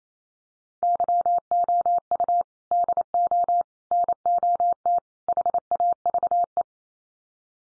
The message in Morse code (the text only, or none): YOU DO NOT HAVE